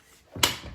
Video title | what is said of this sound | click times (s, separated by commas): Using your resistance bands | it in the door make sure your door has clicked into place and it's nice and firmly shut and | 0.4 s